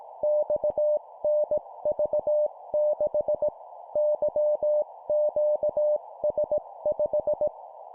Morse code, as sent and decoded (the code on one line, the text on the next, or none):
-..- -. ...- -.... / -.-- --.- ... .....
XNV6 YQS5